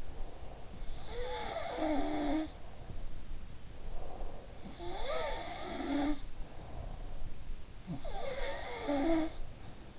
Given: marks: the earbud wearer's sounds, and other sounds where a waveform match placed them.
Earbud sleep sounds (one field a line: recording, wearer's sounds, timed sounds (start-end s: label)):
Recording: sounds in sleep by an in-ear microphone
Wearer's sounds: breath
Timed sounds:
0.00-0.92 s: breath
0.93-3.16 s: sound from someone else or the room
3.81-4.59 s: breath
4.60-7.10 s: sound from someone else or the room
7.81-9.99 s: sound from someone else or the room